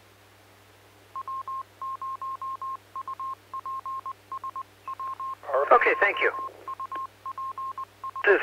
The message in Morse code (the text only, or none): W0UPS W0UPS